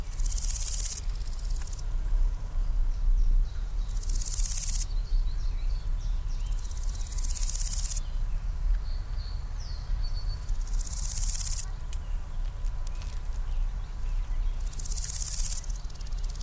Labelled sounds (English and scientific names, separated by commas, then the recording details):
Large Gold Grasshopper (Chrysochraon dispar) stridulation
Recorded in the wild
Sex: male
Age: adult
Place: Mühlenbecker Land, OT Buchhorst, Naturpark Barnim, Brandenburg, DE
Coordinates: 52.6733, 13.3925
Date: 1991-07-06 11:25
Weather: sunny, 27°C
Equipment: Marantz, Sennheiser ME 80, Kopie Tesla B 116
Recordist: Tembrock, Günter
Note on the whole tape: Fließ-Teiche bei Mühlenbeck: Stridulation mehrerer Ex